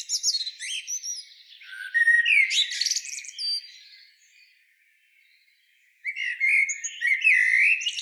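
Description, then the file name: Common blackbird song: squeaky high notes leading into a loud warbled phrase, a near-silent pause of about two seconds, then another bright warbling, whistled sequence. "Turdus merula"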